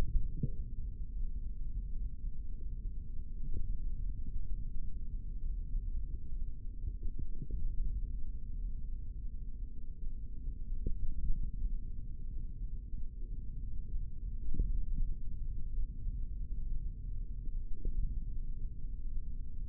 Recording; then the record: forearm muscle sounds (acoustic myography)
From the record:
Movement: index flexion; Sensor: system 3, bracelet of six PUI Audio POM-2738L microphones around the upper forearm, with dedicated amplification and filtering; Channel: 3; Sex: male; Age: 25 years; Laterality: right